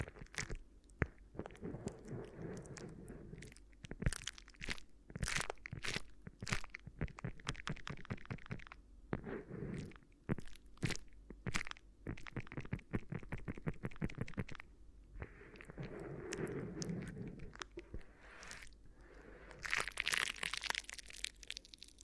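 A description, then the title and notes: Crinkly ear massage sounds: dense bursts of sharp crackling and crunching, with softer low rubbing swells between them and a bright hiss near the end. ASMR Addictive Crinkly Ear Massage (No Talking).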